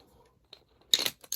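A locking ground wire connector is pulled off a tank fitting after its small locking tab is pulled back. A faint tick comes first, then a sharp snap at 0.9 s as the connector pops free, followed by a short rattle and a lighter click. The connector is released.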